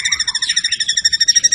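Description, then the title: White-rumped shama song: a fast, steady pulsing trill of high, layered notes repeated many times a second. Lure recording of a highly active, vocal shama delivering its full repertoire, used to stir up other birds. "PANCINGAN MURAI BATU. MURAI GACOR SUPER EDAN SEMUA MATERI DI KELUARIN COCOK BUAT DONGKRAK EMOSI. SHAMA BIRD"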